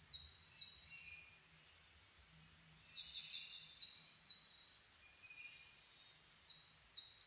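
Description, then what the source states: Bird song of high sharp chirps and bright twittering phrases, with a low steady rumble underneath. Dawn chorus of birds (reimei, dawn; saezuri, birdsong) on 10 May 2010.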